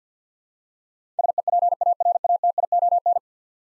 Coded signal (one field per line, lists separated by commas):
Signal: Morse code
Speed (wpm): 50 wpm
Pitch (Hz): 700 Hz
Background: none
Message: SEPARATION